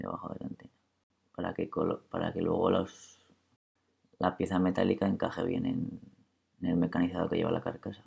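During reassembly of a Mac mini, the metal antenna grille is handled over the machined recess of the aluminium case, with the cable tucked beneath the antenna so the metal piece can fit properly. Someone talks throughout, with only faint handling sounds between phrases. Nothing has seated or clicked yet.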